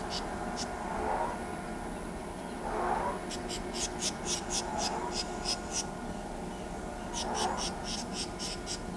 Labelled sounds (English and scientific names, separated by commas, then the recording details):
House Wren (Troglodytes aedon)
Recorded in pastures near Pivijay, Magdalena, Colombia, on 13 April 2023 at 17:30
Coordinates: 10.456, -74.369
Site P6-G026